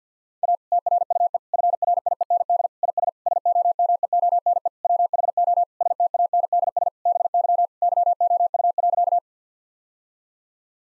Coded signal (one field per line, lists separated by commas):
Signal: Morse code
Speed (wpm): 50 wpm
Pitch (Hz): 700 Hz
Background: none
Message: A TRUE FRIEND IS SOMEONE WHO STANDS BY YOU.